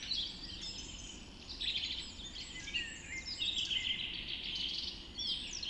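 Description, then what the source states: Dense dawn chorus of many birds, continuous high trills, twitters and whistles overlapping throughout over faint hiss. Dawn chorus recorded just after dawn in the Forest of Dean.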